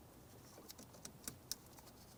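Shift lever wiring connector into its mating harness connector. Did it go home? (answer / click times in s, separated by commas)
no / none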